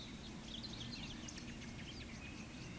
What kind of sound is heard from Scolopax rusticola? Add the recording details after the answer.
whistle, croak. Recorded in Baden-Württemberg, Germany, on 14 May 2021 at 19:15 UTC. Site 25175, 602 m above sea level